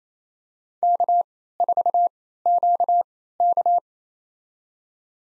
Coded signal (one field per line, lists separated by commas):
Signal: Morse code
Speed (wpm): 27 wpm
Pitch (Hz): 700 Hz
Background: none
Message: K4QK